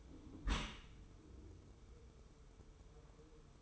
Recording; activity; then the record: daily activity, microphone in the room; close dishwasher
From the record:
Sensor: 1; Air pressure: 1015.0 hPa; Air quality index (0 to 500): 25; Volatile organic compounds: 0 ppm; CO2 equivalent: 500 ppm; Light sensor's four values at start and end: 13/30/12/13 and 13/30/12/13